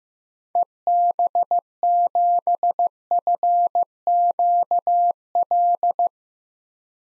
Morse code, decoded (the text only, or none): EB7FQL